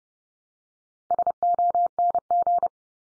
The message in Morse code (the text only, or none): SONG